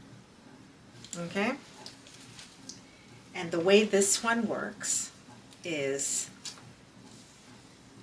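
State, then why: Seated. A metal clasp tongue on a vintage designer bag or belt is fitted into its clasp receiver while someone talks. It seats with a sharp metallic click at 6.4 seconds, a sign of quality, and the clasp is shut.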